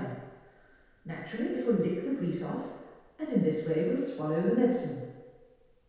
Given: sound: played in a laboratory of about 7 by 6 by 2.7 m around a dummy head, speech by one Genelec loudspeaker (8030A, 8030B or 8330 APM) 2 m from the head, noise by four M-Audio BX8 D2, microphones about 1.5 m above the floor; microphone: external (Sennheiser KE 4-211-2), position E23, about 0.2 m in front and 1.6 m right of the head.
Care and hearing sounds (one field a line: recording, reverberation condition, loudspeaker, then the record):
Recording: female speech in English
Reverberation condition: high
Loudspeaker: behind (180 degrees)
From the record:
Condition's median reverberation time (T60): about 1300 ms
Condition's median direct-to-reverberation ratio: about -4.0 dB